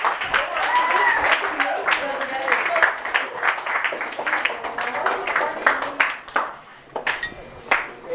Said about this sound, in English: And without further ado, let's have a warm applause for the ….